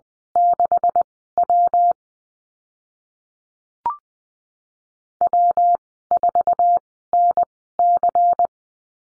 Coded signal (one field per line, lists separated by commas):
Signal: Morse code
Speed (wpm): 20 wpm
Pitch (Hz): 700 Hz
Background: none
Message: 6W W4NC